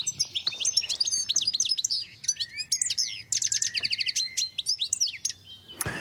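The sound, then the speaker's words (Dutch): A goldfinch sings a rapid, tinkling stream of high twittering notes and liquid trills, bright and continuous, with brief buzzy phrases mixed in and no voices. “In onze cursus Vogelzang zijn we aangekomen bij de putter.”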